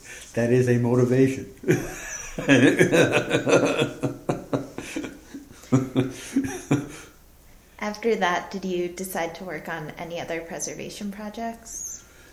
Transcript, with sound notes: That is a motivation. [laughter]
After that, did you decide to work on any other preservation projects?